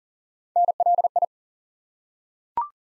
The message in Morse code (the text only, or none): NLI